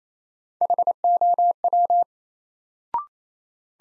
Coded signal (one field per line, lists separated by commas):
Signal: Morse code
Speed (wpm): 28 wpm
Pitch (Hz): 700 Hz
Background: none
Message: HOW